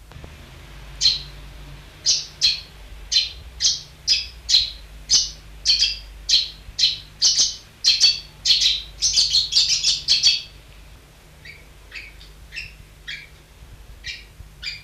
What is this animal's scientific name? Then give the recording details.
Passer euchlorus. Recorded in captivity. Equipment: Halbspur, 9,5 cm/s. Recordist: Lütgens, Hans. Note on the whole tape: Bei Dr. Gersdorf: Rufe